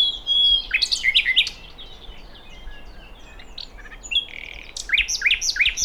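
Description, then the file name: Common nightingale singing loud bursts of rich, rapid chirps and slurs, a quieter gap, then a fresh burst of quick notes near the end. "Luscinia megarhynchos"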